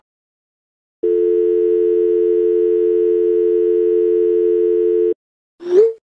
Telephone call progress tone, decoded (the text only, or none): dial tone